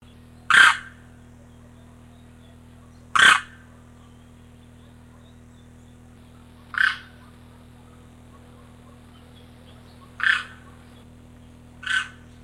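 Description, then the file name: Demoiselle crane giving five brief, rasping notes at irregular intervals, the later ones softer, with a constant low hum underneath. "krasavka"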